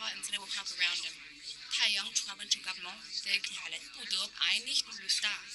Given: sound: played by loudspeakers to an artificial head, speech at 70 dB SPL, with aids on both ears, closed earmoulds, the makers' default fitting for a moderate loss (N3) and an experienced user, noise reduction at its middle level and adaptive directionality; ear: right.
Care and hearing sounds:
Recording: speech test signal (ISTS) in cocktail-party noise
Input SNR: +3 dB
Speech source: on the right (90 degrees)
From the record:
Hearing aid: class 2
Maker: H

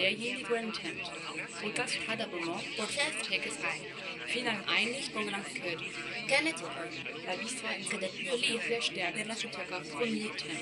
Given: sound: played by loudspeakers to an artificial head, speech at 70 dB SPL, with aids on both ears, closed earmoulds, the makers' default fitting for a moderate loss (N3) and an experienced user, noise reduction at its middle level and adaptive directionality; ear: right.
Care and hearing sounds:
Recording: speech test signal (ISTS) in cocktail-party noise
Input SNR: 0 dB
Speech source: in front (0 degrees)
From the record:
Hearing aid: class 2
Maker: C

